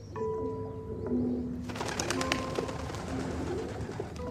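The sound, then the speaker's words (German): Pigeons coo in low, soft, throaty phrases that repeat throughout, joined after a second or so by a steady fluttering, rustling clatter of wings as they fly in and land on a balcony railing at a grain bowl. “Aus 10 Meter weiter Entfernung jagen die mausgrauen Flugkünstler herbei, stoppen mit virtuosem Schwung”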